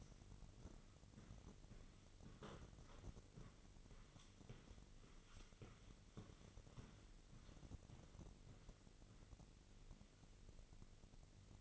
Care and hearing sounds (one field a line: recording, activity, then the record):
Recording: daily activity, microphone in the room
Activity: walk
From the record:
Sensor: 4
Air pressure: 1002.4 hPa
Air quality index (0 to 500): 216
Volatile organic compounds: 12 ppm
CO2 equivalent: 2334 ppm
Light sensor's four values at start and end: 20/71/26/26 and 20/71/26/26